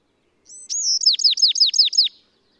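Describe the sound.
Bewick's wren song, a thin introductory whistle and a sliding note, then a quick trill of several sharp, downward-sweeping notes.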